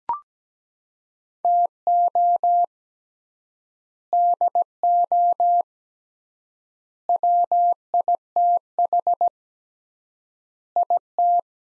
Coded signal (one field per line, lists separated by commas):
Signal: Morse code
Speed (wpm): 17 wpm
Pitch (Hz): 700 Hz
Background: none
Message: TO DO WITH IT